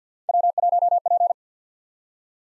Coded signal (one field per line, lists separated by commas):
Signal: Morse code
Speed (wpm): 47 wpm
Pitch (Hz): 700 Hz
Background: none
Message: W1P